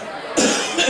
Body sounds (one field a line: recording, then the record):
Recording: coughing mixed with background sound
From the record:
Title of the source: Spring Cold Coughing.